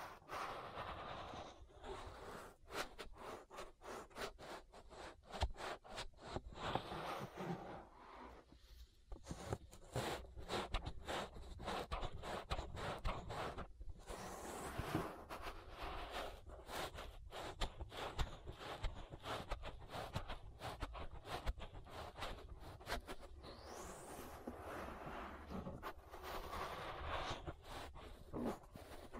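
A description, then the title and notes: An ear massage full of dense rubbing and scratching strokes that repeat rapidly across the whole clip. The texture stays busy and raspy, with short lulls around nine and fourteen seconds before the rubbing resumes. ASMR Relaxing Ear Massage. (No Talking).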